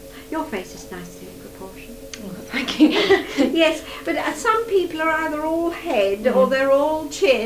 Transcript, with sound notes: Your face is nicely in proportion.
Oh. Thank you. [laughs]
Yes. But some people are either all head, or they're all chin--
Mhm.